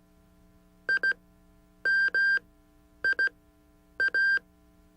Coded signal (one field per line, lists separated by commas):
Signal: Morse code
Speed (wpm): 16 wpm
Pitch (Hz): 1600 Hz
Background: none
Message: IMIA